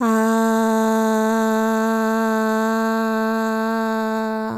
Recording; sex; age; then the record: sustained vowel /a/; female; 40 to 49 years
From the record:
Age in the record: 49 years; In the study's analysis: included